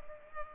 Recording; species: mosquito wingbeat signal from an infrared sensor; Culex pipiens